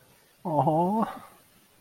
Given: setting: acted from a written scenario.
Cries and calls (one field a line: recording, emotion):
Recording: vocal sound without words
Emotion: adoration